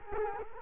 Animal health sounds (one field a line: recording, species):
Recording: mosquito wingbeat signal from an infrared sensor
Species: Culex quinquefasciatus